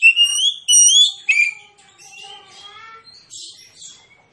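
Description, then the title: Oriental magpie-robin song, a few loud rising whistles followed by quieter, softer twittering notes that fade away. Magpie-robin (kacer) singing in a fighting style, full of loud bursts ('tembakan'), meant to provoke rivals to fight; also offered as therapy for birds reluctant to sing. "Kacer Langsung Tarung Konslet KACER NGOTOT FULL TEMBAKAN. Kicau Kacer santaiterapi Kacer males bunyi"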